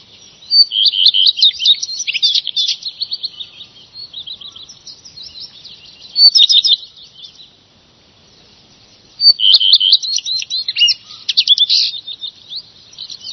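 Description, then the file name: Redstart song: bursts of rapid, scratchy high twittering and chirps, with a quiet gap before the last. "roodstaart"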